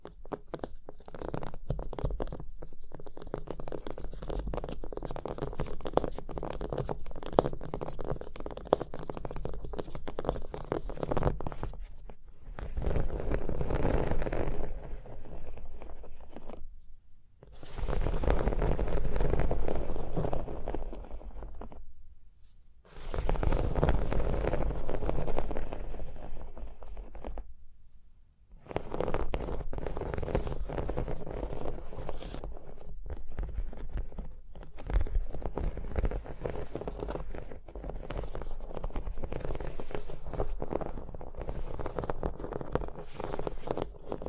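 Dense tapping, scratching and tracing across a surface, a busy crackly texture of quick small contacts with a low rumble beneath. The sound comes in long continuous stretches, broken by brief silences near 17, 22 and 28 seconds, with a few sharper taps standing out.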